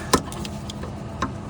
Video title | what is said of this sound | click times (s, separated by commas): TOYOTA 3.5L V6 (2GR-FE) - How To Replacement - Tensioner, Idler, Belt | and that just snaps into place. | 0.1 s